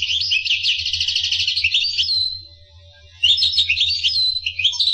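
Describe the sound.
Finch song of quick repeated trilled notes, fading into a short lull before a fresh burst of chirps, with a low hum throughout.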